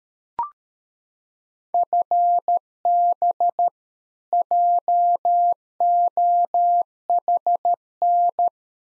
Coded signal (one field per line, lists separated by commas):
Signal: Morse code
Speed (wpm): 13 wpm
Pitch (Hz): 700 Hz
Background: none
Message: FB JOHN